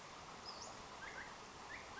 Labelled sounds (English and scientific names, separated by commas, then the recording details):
Western Flycatcher (Empidonax difficilis)
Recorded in Sonoma County, California